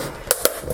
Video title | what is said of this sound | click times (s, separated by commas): Temu Island Holiday Book Nook Build: Page 9-END | Okay, there it went. Last little click. | 0.3 s